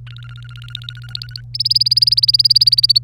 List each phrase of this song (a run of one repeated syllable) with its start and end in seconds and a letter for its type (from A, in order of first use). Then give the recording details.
0.07-1.41 A, 1.54-2.98 B. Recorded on 30 April 2018 at 15:29. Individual llb3